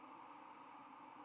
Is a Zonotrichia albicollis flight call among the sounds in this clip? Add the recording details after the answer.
yes. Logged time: 03:50 on 10 November 2014